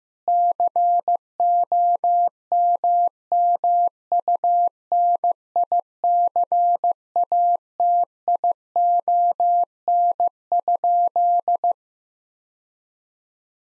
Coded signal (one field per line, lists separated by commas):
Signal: Morse code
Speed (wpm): 15 wpm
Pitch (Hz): 700 Hz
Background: none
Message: COMMUNICATION?